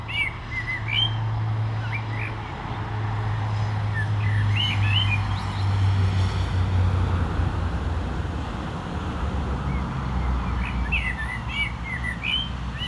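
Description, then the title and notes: Common blackbird song: fluty warbled phrases with high twittering tails recur several times over a constant deep drone of passing cars. Singing in a barranco at Agaete, Las Palmas, Spain; cars on a road nearby; recorded with DPA-2006c microphones in AB position into a MixPre-3. "Agaete, Las Palmas, Espagne - Blackbird singing in the barranco. Un merle chante dans le barranco, voitures sur la route pas loin"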